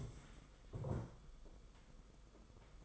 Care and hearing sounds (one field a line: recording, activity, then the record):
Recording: daily activity, microphone in the room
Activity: stand up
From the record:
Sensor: 5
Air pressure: 990.6 hPa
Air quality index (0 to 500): 150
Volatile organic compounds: 162 ppm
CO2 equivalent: 4073 ppm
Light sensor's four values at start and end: 45/138/53/57 and 45/138/53/57